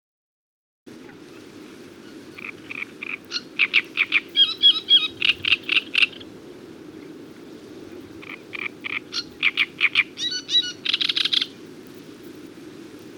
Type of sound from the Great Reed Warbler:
song